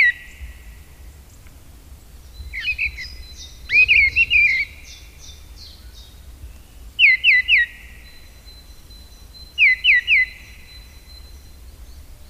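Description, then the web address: Mistle thrush singing: a jumbled whistled phrase, then two crisp triplets of falling notes spaced about three seconds apart. A high thin tone lingers behind. "agykontroll Madardalok Cd 1. Léprigó"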